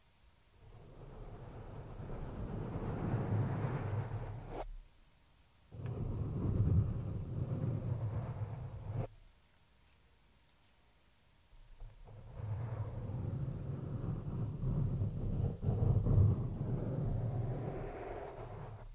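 Rough scratching on a microphone, heavy low rumbling bursts with a two-second pause near ten seconds, then renewed dense scraping.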